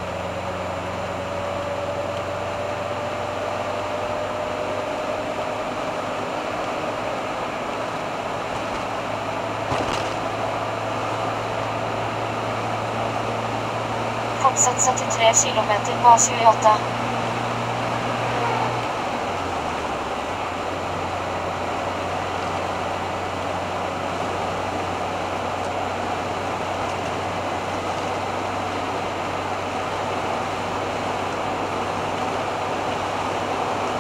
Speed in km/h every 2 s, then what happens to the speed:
66, 68, 71, 73, 76, 78, 80, 81, 83, 83, 82, 83, 84, 85, 86, 86, 87.
0-16 speeds up to 83. 16-34 steady at about 84.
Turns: none.